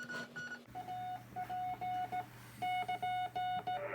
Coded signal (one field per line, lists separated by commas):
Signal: Morse code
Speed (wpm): 18 wpm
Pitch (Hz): 730 Hz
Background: music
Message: AP<KN>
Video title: Pimp my Key II @TheArtofEngineering